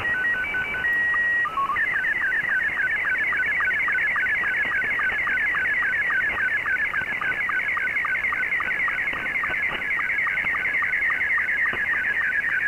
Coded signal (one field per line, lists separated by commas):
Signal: SSTV (slow-scan television)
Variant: Scottie 2